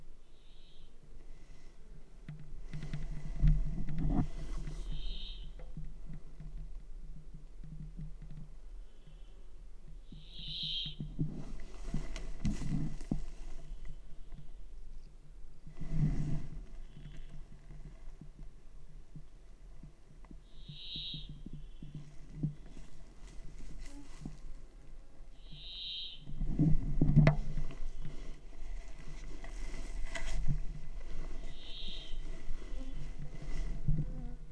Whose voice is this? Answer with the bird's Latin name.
Fringilla montifringilla